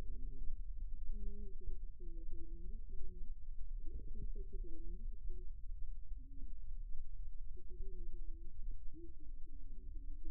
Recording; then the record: forearm muscle sounds (acoustic myography)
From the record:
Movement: rest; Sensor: system 2, bracelet of six BSWA MPA416 microphones around the upper forearm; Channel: 6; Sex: male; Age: 22 years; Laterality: right